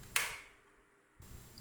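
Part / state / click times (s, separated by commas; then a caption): flight battery into drone body / seated / 0.2 s. A flight battery is pushed into the battery bay of a DJI Mini 3 Pro drone until its side latches click. A single sharp, loud, bright click lands at 0.2 s and fades over the next half second, followed by near silence, with low background noise returning around 1.2 s and a faint tick at 1.6 s. The battery is seated in its slot.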